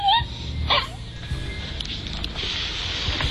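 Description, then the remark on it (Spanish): A dog cries with a short, high, whining wail that rises and bends, then a second strained yelp, over a steady rumbling, windy background. “Es una especie de aullido deformado, ¿sí? Insoportable.”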